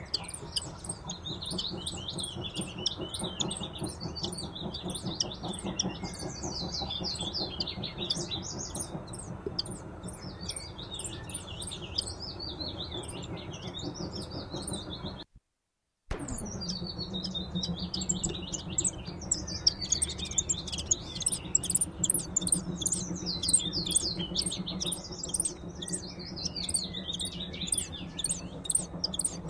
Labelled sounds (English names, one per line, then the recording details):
Common Chiffchaff
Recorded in captivity
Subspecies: collybita
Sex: diverse
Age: diverse
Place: Volierenanlage, Zoologisches Institut Universität Tübingen, Baden-Württemberg, DE
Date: 1967-05-28
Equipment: Nagra III PH, MD 421, LGS26
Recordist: Schneider, Hans-Joachim